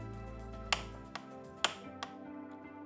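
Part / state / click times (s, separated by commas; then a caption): click-type torque wrench tightening a motorcycle bolt / torque reached / 0.7 s, 1.6 s. A click-type torque wrench with a 30 newton-metre capacity is tightened on a motorcycle bolt up to its maximum set torque. Sharp clicks at 0.7 s and 1.6 s signal that the recommended torque has been reached, with fainter ticks at 1.2 s and 2.0 s over a steady tonal background.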